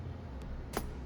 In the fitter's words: there we go all right final little snap that hurts i'm sure it's all in